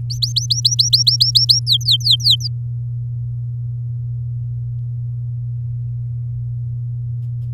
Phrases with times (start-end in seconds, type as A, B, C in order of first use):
0.10-1.60 A, 1.66-2.48 B